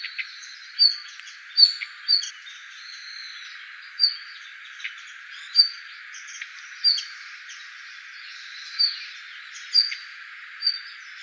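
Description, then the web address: Red-flanked bluetail giving brief high-pitched call notes at irregular intervals, against constant faint background noise. Recorded 26 December 2016. "birdenaga ruribitaki"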